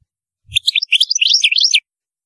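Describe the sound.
European goldfinch song, one rapid tinkling phrase of high twittering notes lasting just over a second.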